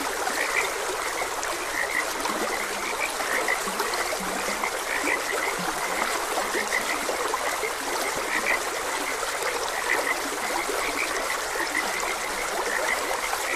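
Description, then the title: Frogs calling in a dense chorus of short, repeated chirps, with a gently flowing stream hissing throughout. Frogs croaking beside a gentle stream. "Gentle Stream and Frogs Croaking"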